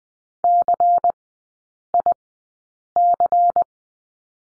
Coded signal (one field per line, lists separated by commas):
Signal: Morse code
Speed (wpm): 20 wpm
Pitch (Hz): 700 Hz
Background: none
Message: CIC